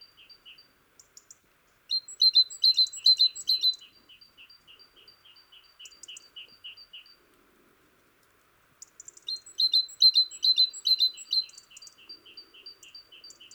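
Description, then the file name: Great tit with two loud bursts of rapid, ringing chattering notes. Each burst trails into soft, regularly repeated single notes against an otherwise quiet background. "Parus major"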